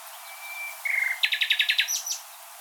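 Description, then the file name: Common nightingale song phrase: a thin whistled note, a lower buzzy trill, then a rapid run of about eight loud clicking notes ending in short high squeaks. "Luscinia megarhynchos"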